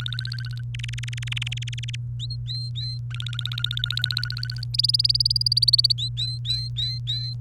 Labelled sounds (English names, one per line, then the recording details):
Domestic Canary song
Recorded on 29 April 2018 at 05:53
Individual llb3